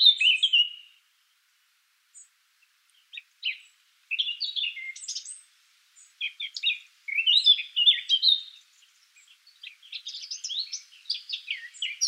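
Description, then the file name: Eurasian blackcap song: repeated bursts of chattering, warbled notes in several phrases separated by short pauses, fairly high and varied throughout. "Sylvia atricapilla"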